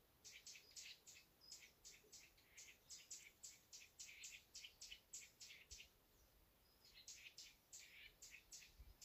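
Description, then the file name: Eurasian nuthatch calling with a rapid run of harsh, clipped high notes, roughly three per second, pausing briefly before the series resumes; quiet hiss underneath. "Sitta europaea"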